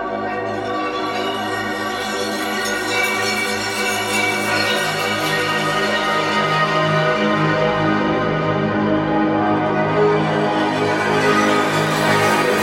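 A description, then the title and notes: A granular train bell texture rings in a dense, sustained wash, its many overlapping tones holding steady at a constant loudness for the whole span. Bright metallic shimmer sits over a low hum, and the top end opens up brighter toward the end. Granular Train Bell. Demo for a granular bell patch.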